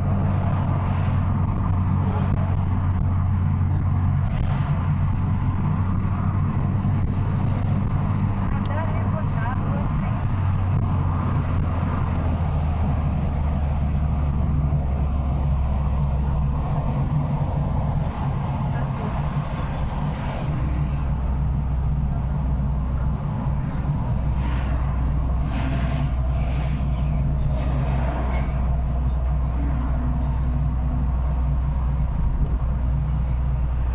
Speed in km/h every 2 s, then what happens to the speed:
84, 83, 85, 87, 90, 81, 67, 62, 60, 60, 57, 55, 54, 55, 56, 56, 55.
0-8 speeds up to 90. 8-23 slows to 54. 23-34 steady at about 55.